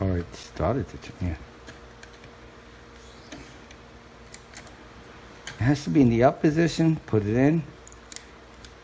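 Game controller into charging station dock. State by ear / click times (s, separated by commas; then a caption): seated / 8.1 s, 8.2 s. A second DualShock 4 controller for a PowerA charging station for the PlayStation 4 is placed into the dock and pushed down while someone talks, with small taps and clicks in between. The controller locks into place with a click at 8.1 s and 8.2 s, and the charging light glows.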